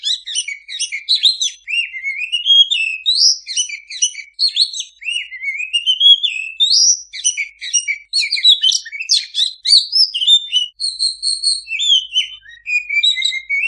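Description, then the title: Oriental magpie-robin song, a rapid, varied stream of whistled and chattering notes with rising and falling slurs, continuous throughout with brief gaps, no other sounds. Master recording of a kacer singing vigorously, meant as a training song for owners of kacer that do not sing. "mster Mnuk. Suara Masteran Kacer Gacor. Yang Punya Kacer Bisu Wajib Masuk"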